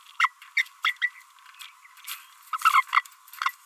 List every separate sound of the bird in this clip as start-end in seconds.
0.19-0.31, 0.56-0.65, 0.84-0.94, 1.01-1.10, 2.53-2.58, 2.64-2.83, 2.92-3.02, 3.44-3.51